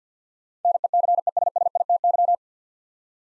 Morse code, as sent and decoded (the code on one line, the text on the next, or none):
-. . -.-. . ... ... .. - -.--
NECESSITY